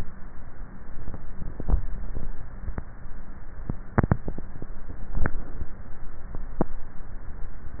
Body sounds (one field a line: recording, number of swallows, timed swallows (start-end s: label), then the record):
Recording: swallowing sounds by neck microphone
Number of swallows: 2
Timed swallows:
1.45-2.28 s: swallow
5.15-5.65 s: swallow
From the record:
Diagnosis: dysphagia